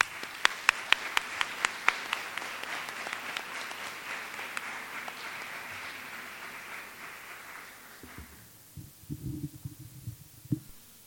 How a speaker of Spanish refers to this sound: Recibimos al Dr. Manuel Vilapriño con un fuerte aplauso.